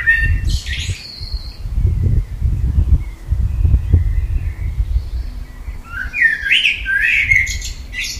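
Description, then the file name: Common blackbird song, a brief fluty phrase at the start and a richer warbled phrase near the end, over steady low rumbling background noise. "Turdus merula"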